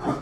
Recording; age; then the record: pig call; growing-finishing pig (85 days or more)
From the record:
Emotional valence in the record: positive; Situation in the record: run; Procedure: transit